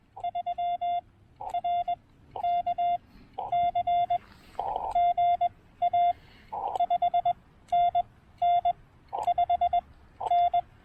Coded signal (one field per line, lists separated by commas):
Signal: Morse code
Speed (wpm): 20 wpm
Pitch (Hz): 690 Hz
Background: none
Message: 3 R K C G A 5 N N 5 N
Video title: Keying In The Rain: One Very Soggy POTA Activation!